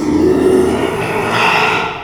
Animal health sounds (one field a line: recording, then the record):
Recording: squeal of a Yucatan mini pig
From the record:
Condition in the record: after surgery on the right vocal fold (resection and tissue-engineered implant)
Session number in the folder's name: 1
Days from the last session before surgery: 6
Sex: male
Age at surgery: 12 weeks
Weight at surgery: 13 kg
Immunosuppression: cyclosporine, prednisolone